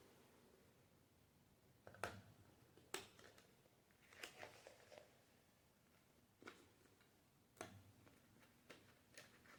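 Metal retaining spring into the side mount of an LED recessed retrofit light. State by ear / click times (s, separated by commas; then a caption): seated / 2.0 s, 2.9 s, 7.6 s. Two metal retaining springs are pushed onto their slots on each side of the housing of a Sunco Lighting 4-inch LED recessed retrofit can light (660 lm, 11 W, 40 W equivalent). Sharp snapping clicks are heard at 2.0 s, 2.9 s and 7.6 s, with softer handling ticks in between. The springs end up snapped in and seated on the light.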